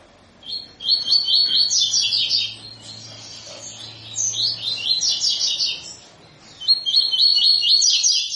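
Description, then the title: Double-collared seedeater singing repeated phrases of fast, buzzy, high chirps, with a faint low hum in the background. Tui-tui style song of a bird with strong vigour, used as a teaching song for young birds. "COLEIRO TUI TUI FIBRA CANTO PROFESSOR"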